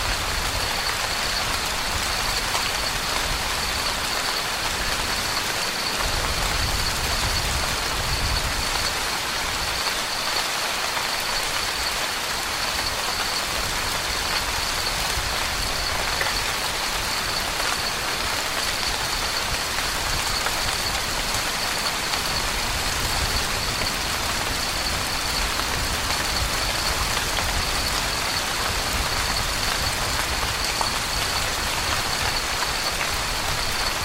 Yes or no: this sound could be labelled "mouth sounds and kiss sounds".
no